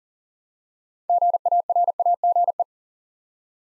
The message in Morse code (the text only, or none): GARAGE